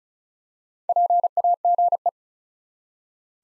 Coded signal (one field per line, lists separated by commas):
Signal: Morse code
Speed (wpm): 36 wpm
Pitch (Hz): 700 Hz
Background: none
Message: PAGE